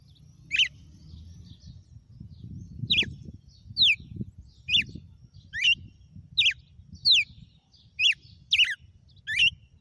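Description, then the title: Red-cowled cardinal song: sharp, downslurred whistled notes repeated about once a second, with low rumbling background noise. Female song (track 06); title names the bird Fenrir and says today it was 'açoite'. "Canto Galo Campina Fêmea 06. GALO DE CAMPINA FENRIR - HJ FOI AÇOITE VIU??"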